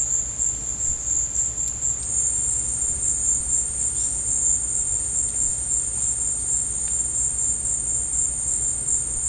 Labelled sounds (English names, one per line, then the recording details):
none
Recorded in dense forest near Puerto Asís, Putumayo, Colombia, on 22 December 2024 at 13:30
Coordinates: 0.481, -76.323
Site G100